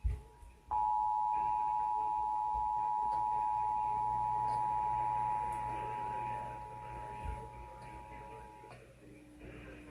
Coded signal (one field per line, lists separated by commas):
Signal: Emergency Alert System (SAME) tones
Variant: 853 and 960 Hz attention tone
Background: speech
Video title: EAS #26B - National Periodic Test (EAS Channel Cam)